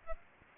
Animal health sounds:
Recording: mosquito wingbeat signal from an infrared sensor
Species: Aedes aegypti

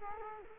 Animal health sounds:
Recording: mosquito wingbeat signal from an infrared sensor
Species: Culex quinquefasciatus

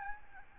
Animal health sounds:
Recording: mosquito wingbeat signal from an infrared sensor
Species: Aedes albopictus

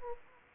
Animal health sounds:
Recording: mosquito wingbeat signal from an infrared sensor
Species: Anopheles gambiae

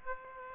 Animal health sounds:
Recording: mosquito wingbeat signal from an infrared sensor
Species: Aedes aegypti

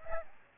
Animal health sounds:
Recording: mosquito wingbeat signal from an infrared sensor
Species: Aedes aegypti

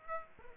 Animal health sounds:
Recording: mosquito wingbeat signal from an infrared sensor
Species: Aedes aegypti

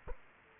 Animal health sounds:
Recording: mosquito wingbeat signal from an infrared sensor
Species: Culex quinquefasciatus

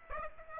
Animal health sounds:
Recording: mosquito wingbeat signal from an infrared sensor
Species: Aedes aegypti

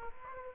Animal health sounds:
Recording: mosquito wingbeat signal from an infrared sensor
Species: Aedes aegypti

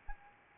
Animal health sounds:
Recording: mosquito wingbeat signal from an infrared sensor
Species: Anopheles arabiensis

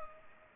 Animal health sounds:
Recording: mosquito wingbeat signal from an infrared sensor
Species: Culex pipiens

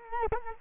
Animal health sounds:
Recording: mosquito wingbeat signal from an infrared sensor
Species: Culex quinquefasciatus

